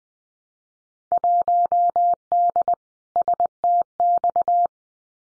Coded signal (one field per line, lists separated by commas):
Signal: Morse code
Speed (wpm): 20 wpm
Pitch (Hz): 700 Hz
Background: none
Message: 1D STX